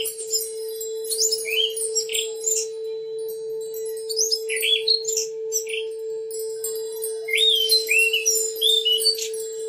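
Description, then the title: Oriental magpie-robin song in bursts of sharp chirps and sweet whistled slurs, with a short quiet gap midway and a steady hum underneath. "Kicau Kacer"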